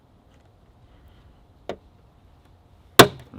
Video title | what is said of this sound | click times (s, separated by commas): Install BMW F33 Carbon Fiber Fender Vents! | you want to make sure you hear that snap | 3.0 s